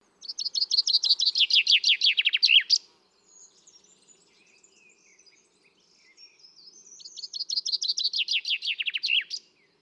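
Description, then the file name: Common chaffinch song, two full phrases of quick notes falling in pitch and ending with a sharp terminal flourish, faint chirps between them. "Fringilla coelebs"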